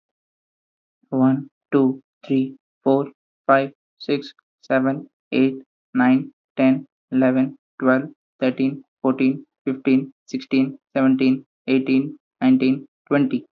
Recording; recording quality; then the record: counting at a normal pace; excellent, no background noise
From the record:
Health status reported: healthy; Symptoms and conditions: none ticked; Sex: male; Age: 21 years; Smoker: not ticked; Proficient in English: yes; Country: India